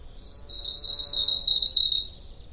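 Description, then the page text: Asian stubtail song, a very high, insect-like rapid trill of pulsed notes, building in loudness then stopping abruptly after about one and a half seconds. Japan; continuous, rapid, very insect-like high-pitched song that usually seems to stop abruptly; easier to hear in March; mostly delivered from middle to upper vegetation layers. "短尾鶯. Urosphena squameiceps. Teruo Furushima, Wild Bird Songs in Japan, 日本 連續、急促、極似蟲鳴的高頻聲音「急急急急急急急急!」，通常最後會有「嘎然停止」的感覺。三月較容易聽聞。這種聲音大多從中上層發出。"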